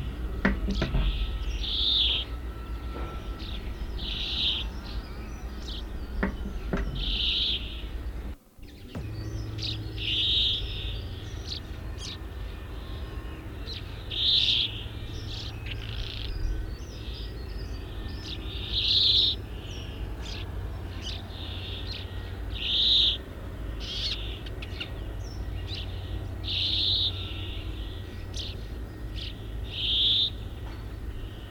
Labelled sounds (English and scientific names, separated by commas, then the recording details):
Brambling (Fringilla montifringilla) song
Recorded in the wild
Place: Boldevitz, Insel Rügen, Mecklenburg-Vorpommern, DE
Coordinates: 54.441, 13.335
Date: 1972-04-15
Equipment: Nagra III BH, Sennheiser MD 21, parabola
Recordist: Schubert, Michael
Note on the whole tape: Gesang mehrerer Bergfinken, dann auch seltenes Gesangselement